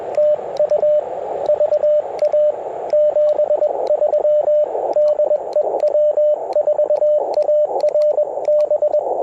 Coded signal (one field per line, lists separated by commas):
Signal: Morse code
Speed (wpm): 20 wpm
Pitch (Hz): 590 Hz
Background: radio noise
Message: TU VA 73 DE W4ARB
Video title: Ten-Tec Argonaut V - CW POTA 8/28/23 @ K-4451